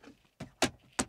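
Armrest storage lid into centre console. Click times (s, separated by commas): 1.0 s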